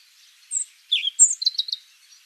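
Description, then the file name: European robin giving short, thin, high notes: a sharp high squeak, a dipping slurred note, a high slurred note, then a quick stuttering series of high chips. "Erithacus rubecula"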